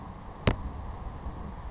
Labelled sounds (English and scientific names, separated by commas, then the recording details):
Savannah Sparrow (Passerculus sandwichensis)
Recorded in Sonoma County, California